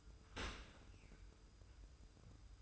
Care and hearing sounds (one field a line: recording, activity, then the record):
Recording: daily activity, microphone in the room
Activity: open dishwasher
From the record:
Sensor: 2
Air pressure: 990.3 hPa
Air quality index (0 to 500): 210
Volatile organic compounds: 1000 ppm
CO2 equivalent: 6734 ppm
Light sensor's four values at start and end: 27/65/26/26 and 27/65/26/26